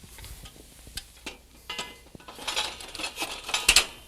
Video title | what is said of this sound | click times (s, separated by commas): Genie Lift set up and operation | the locking pin on the back side and let the leg lock into place great | 3.7 s, 3.8 s